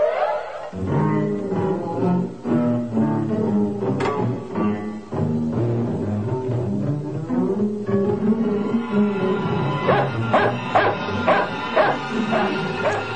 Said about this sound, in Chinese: 唔好吠啦，我系你个新主人嚟噶嘛。仲吠？